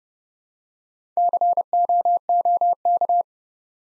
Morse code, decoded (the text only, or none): COOK